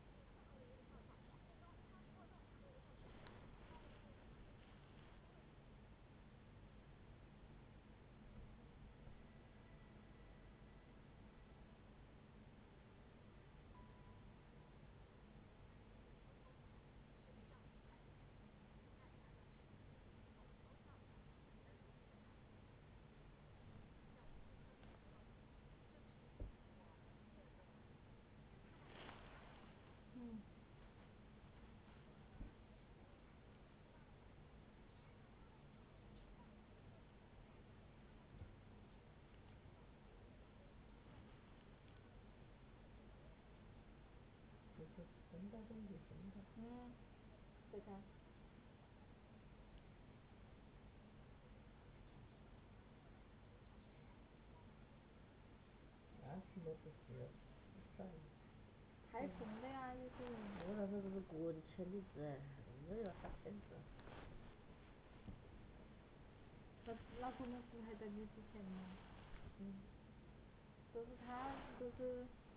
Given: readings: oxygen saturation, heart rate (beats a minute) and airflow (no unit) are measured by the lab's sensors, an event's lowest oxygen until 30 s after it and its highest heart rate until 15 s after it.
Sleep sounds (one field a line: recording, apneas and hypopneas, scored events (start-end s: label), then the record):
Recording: a person awake in a sleep study, by a voice recorder at the bedside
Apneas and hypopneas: none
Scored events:
0.00-72.57 s: awake
0.00-72.57 s: awake
From the record:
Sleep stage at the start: awake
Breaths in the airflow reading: 27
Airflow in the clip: -0.9 to 0.6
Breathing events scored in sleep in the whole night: 496 in 5.4 hours asleep